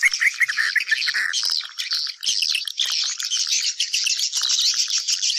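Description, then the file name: Swiftlets twittering, a run of lower chirps at first, then higher buzzy trills and clicks. Lure sound played to attract swiftlets for nest farming. "Am thanh du yen"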